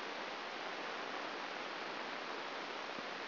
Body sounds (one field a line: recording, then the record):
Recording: brain microelectrode recording played as sound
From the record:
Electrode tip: inside the subthalamic nucleus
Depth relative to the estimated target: 3 mm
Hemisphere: left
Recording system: AlphaMap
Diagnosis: Parkinson's disease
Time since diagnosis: 12 years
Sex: male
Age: 57 years